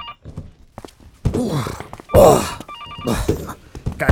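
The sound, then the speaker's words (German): A telephone rings in short, high trilling bursts, heard briefly at the start and again later, mixed with heavy thumps and shuffling noises. “Oh, bis bald, ich muss zum Telefon.”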